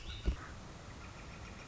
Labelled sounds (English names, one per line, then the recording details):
Northern Flicker
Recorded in Sonoma County, California